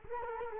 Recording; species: mosquito wingbeat signal from an infrared sensor; Culex quinquefasciatus